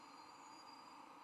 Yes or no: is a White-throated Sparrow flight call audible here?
no